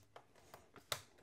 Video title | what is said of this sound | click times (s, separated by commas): Asus TUF F17 (TUF766H) - Démontage et changement d'écran | on entend le le clic. | 0.9 s